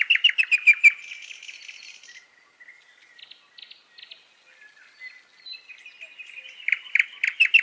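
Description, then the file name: Nightingale song opens and closes with loud, rapid repeated notes, with softer buzzy and whistled phrases between them. "Ptichka solovey"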